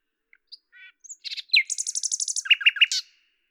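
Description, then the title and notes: Common nightingale song: scattered soft notes, a fast series of high repeated notes, then three loud emphatic notes and a final note. Recorded at Lavours, France, on 10 May 1998, with a Tascam DAP-1 and Télinga microphone, edited in Samplitude 5.1. "D83, 01350 Lavours, France - rossignol à LAVOURS. 10/05/1998 Tascam DAP-1 Micro Télingua"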